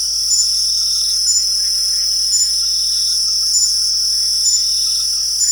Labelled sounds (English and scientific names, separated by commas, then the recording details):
none
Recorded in pastures near Puerto Asís, Putumayo, Colombia, on 4 March 2025 at 23:00
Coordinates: 0.497, -76.327
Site G072